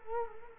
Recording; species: mosquito wingbeat signal from an infrared sensor; Culex quinquefasciatus